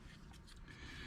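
A new coin cell battery is slid into the battery holder of a 2022 Honda Accord 5-button smart remote key fob, button side down and positive side up, and pushed down. Only low, steady background noise with faint soft handling sounds is heard. Nothing has seated or clicked yet.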